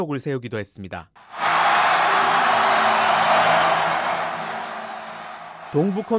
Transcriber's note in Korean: 녹취: nba 경기 현장음